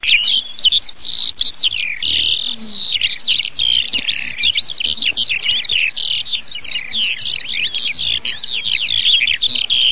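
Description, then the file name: Eurasian skylark singing, a fast, unbroken stream of high twittering, trilling and slurred whistles that continues without pause throughout. "ALLODOLACIP"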